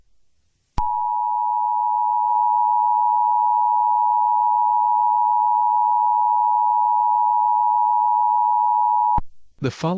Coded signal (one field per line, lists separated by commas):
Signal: Emergency Alert System (SAME) tones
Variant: 853 and 960 Hz attention tone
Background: speech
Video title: eas scenario catemojibabyheat part 11